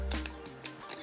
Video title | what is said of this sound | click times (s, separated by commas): DJI Fly More Kit MAVIC 3/MAVIC 3 CLASSIC : Faut il l'acheter ? | ça ça vient se clipser | 0.7 s